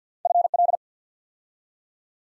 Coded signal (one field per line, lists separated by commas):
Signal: Morse code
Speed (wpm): 48 wpm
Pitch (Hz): 700 Hz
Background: none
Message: FL